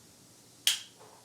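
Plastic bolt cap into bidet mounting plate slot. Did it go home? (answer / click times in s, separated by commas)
yes / 0.7 s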